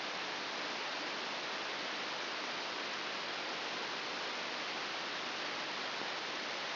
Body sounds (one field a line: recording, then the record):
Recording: brain microelectrode recording played as sound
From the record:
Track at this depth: inside the subthalamic nucleus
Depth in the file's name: 5.001 mm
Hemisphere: right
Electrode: 3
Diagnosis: Parkinson's disease